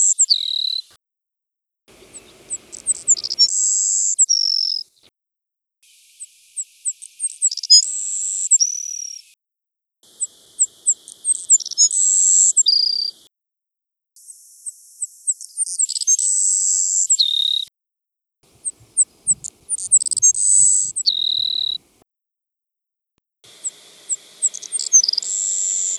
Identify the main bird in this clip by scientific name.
Passerculus sandwichensis